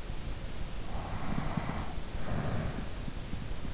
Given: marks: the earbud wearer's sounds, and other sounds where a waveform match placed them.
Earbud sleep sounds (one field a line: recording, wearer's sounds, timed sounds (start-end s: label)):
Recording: sounds in sleep by an in-ear microphone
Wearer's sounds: breath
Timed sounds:
0.73-3.12 s: breath